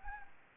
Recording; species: mosquito wingbeat signal from an infrared sensor; Anopheles gambiae